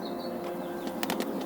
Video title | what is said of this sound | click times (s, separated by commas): Land Rover LR3 - steering wheel paddle shifters | Make sure you hear the snap. | 1.0 s